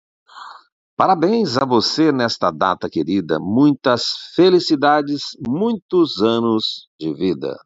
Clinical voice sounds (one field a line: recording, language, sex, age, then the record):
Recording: short text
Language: Brazilian Portuguese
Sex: male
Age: 60 to 69 years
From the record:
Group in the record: control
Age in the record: 63 years